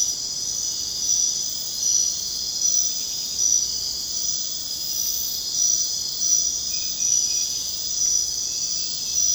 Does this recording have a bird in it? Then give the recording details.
no. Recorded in secondary vegetation near Puerto Asís, Putumayo, Colombia, on 22 June 2025 at 22:30. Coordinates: 0.484, -76.319. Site G074